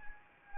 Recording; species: mosquito wingbeat signal from an infrared sensor; Anopheles arabiensis